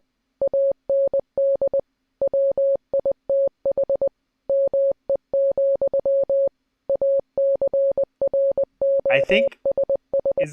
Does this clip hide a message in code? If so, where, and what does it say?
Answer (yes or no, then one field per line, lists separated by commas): yes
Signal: Morse code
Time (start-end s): 0.4-10.4 s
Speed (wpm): 20 wpm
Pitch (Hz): 550 Hz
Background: speech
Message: AND WITH ME, ACROSS